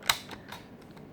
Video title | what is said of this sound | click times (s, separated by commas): AUTOart 1/18 Diecast - Bugatti Veyron L'EDITION CENTENAIRE (Revisited) | both sides down until you hear it click just | 0.1 s